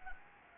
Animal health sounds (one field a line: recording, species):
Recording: mosquito wingbeat signal from an infrared sensor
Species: Anopheles gambiae